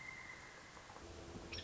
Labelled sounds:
Pileated Woodpecker (Dryocopus pileatus)
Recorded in Sonoma County, California

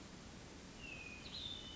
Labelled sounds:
Hermit Thrush (Catharus guttatus)
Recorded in Sonoma County, California

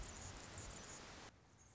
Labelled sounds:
Anna's Hummingbird (Calypte anna)
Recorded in Sonoma County, California

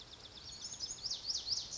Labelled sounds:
Lazuli Bunting (Passerina amoena)
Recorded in Sonoma County, California

